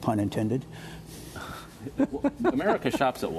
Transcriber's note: laughter